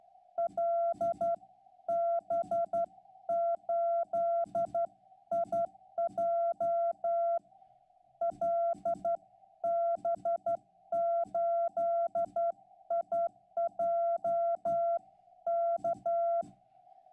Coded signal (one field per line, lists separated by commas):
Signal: Morse code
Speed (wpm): 11 wpm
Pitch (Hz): 680 Hz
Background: none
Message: LB8IJ LB8IJ K